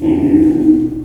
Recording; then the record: squeal of a Yucatan mini pig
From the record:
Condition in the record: before surgery on the right vocal fold (resection and tissue-engineered implant); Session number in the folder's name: 2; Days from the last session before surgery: -15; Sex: female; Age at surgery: 19 weeks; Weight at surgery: 25 kg